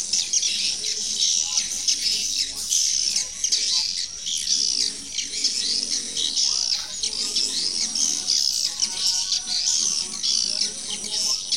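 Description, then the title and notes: Swiftlet chorus: many overlapping high chirps and twitters forming a continuous shrill chatter. Used for swiftlet farming in Asia. "Swiflet Bird Sound. Farming Swiflet Bird asia sound"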